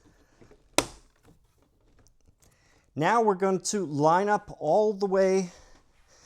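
A Fisker Ocean plastic rear door card is pushed in at the top so its trim clips snap into the rear door frame. A loud, sharp snap at 0.8 s marks the clips seating, followed by a few faint small ticks. Someone then talks.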